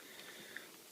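A small plastic timer accessory is clipped into a peg hole on an action figure's arm, and it seats with a short, sharp click at 0.6 s against a quiet background. The accessory pops into place and stays plugged in.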